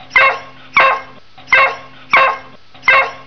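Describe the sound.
Dog barking, five single gruff barks at a steady pace, with a low hum underneath.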